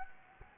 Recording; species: mosquito wingbeat signal from an infrared sensor; Anopheles gambiae